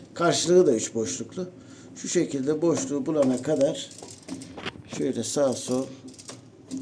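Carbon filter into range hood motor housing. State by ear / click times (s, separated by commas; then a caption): not seated / none. A round carbon filter with three tabs is being lined up with the three slots on a Kumtel range hood motor housing, turned side to side to find the openings, while someone talks. Short plastic taps and scrapes are heard around 4.3–4.9 s and again near 6.3 s and 6.7 s. Nothing has seated or clicked yet; the filter is not locked in place when the clip ends.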